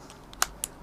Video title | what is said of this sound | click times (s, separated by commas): ความเข้ากันของข้อต่อ 90° DeWALT กับสว่านแบบปากจับสามทางยี่ห้ออื่น ๆ | อ่ะล็อคกึ๊บมีเสียงแครกละ | 0.4 s, 0.6 s